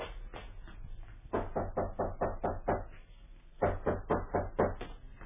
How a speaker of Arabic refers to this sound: كأنما ليس بالدار من أحد، طرقت وطرقت فلم يفتح لي. اذهبي واضربي الباب، فإن لم يفتح فتطلعي من الطاقة فانظري ما الخبر.